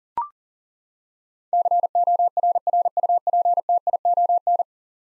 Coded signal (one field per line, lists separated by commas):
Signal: Morse code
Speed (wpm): 40 wpm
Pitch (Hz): 700 Hz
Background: none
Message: CORRUPTION